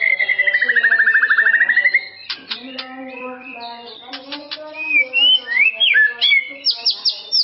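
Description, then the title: White-rumped shama singing, opening with a rapid trill, then a mix of clear whistles, sharp clicks and twisting high notes against a constant low droning background. "murai batu"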